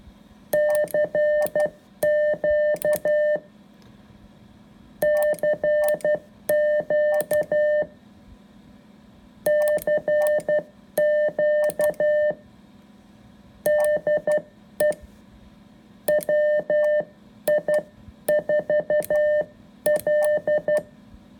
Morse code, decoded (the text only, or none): CQ CQ CQ DE WI4L